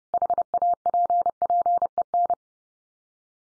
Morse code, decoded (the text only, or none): HAPPEN